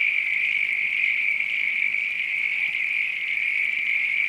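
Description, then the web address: Chorusing frogs give a thick, even, high-pitched trilling hum that carries on without a break throughout. Night countryside ambience. "Sound Effects-Foundation AMBIENCE NIGHT COUNTRY FROGS RAIN FARM ANIMALS LOOP"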